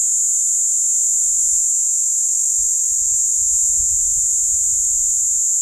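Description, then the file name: Cicada song: an unwavering high-pitched whine with faint chirpy ticks and low wind rumble picking up midway. Platypleura plumosa, recorded at Steytlerville. "P plumosa Steydtlerville"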